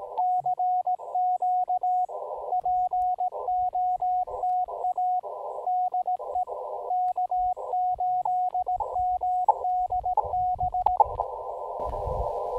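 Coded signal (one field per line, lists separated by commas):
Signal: Morse code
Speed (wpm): 18 wpm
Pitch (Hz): 730 Hz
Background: radio noise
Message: CQ POTA DE K8MDB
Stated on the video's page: Parks on the Air CW activation keyed with a Begali Traveler paddle, using an Elecraft KX2 and an EndFedz trail-friendly antenna.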